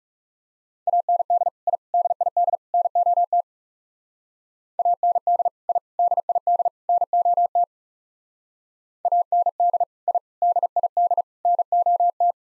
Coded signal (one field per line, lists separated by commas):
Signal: Morse code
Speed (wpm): 37 wpm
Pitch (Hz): 700 Hz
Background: none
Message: AND I DID NOT AND I DID NOT AND I DID NOT